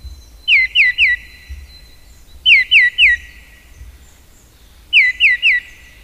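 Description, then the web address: Mistle thrush song made of three quick descending whistles, the same phrase repeated three times with pauses of about one and a half seconds. "agykontroll Madardalok Cd 1. Léprigó"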